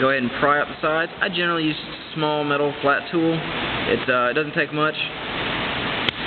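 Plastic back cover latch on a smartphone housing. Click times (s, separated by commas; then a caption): 6.1 s. Someone talks while prying up the plastic back cover of an HTC G1 T-Mobile smartphone with a small flat metal tool. At 6.1 s a sharp snap is heard as a back cover latch releases.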